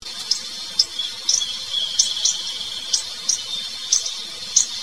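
Bushtit calls: very high, short chips repeated irregularly, roughly twice a second, over a steady high-pitched hum.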